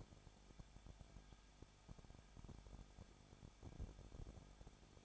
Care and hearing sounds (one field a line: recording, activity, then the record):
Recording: daily activity, microphone in the room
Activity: no activity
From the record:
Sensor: 5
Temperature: 20.9 degrees Celsius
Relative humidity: 35.0%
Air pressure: 994.7 hPa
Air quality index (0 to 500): 154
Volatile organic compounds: 2 ppm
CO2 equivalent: 1284 ppm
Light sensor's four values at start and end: 2/3/1/1 and 2/3/1/1